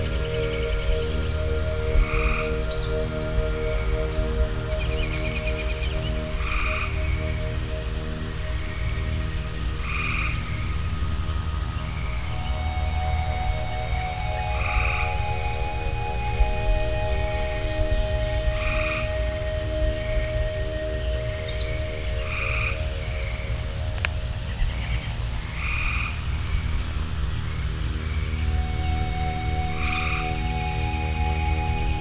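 A live nature recording of frogs: steady low droning chorus, regular pulsing croaks every couple of seconds, and three bright high trilling bursts.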